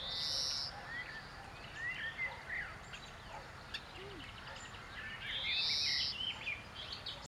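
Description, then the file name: European greenfinch with two long, nasal, buzzy wheezes, one at the start and one near six seconds, among scattered chirps and steady background noise. "Chloris chloris"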